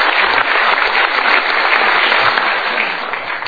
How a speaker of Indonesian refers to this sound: Kita berikan tepuk tangan sekali lagi.